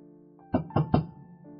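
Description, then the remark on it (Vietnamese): Three sharp, evenly spaced knocks on a door late at night, firm and solid, sounding over a faint steady background hum with no one speaking. “Vừa nhấp ngụm nước thì bên ngoài có tiếng gõ cửa.”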